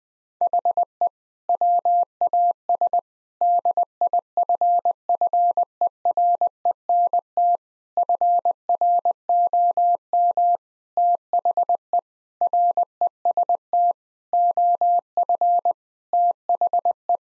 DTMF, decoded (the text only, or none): none